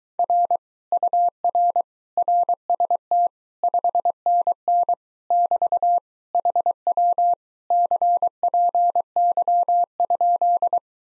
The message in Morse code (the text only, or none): R UR RST 5NN <BT> HW CPY?